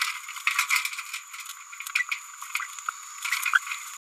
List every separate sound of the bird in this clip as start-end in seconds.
1.95-2.03